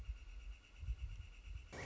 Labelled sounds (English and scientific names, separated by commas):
Northern Flicker (Colaptes auratus)